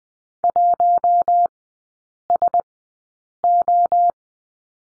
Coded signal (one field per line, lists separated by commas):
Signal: Morse code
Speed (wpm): 20 wpm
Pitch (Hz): 700 Hz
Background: none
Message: 1SO